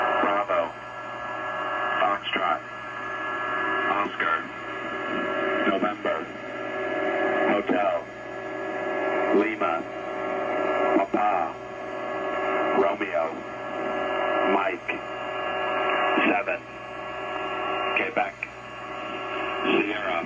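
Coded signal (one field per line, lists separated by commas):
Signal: coded military voice message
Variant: HFGCS Emergency Action Message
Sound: radio voice reading evenly spaced characters, steady rhythm, narrow bandwidth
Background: radio static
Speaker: i have one of those uh uh messages recorded and you can hear that now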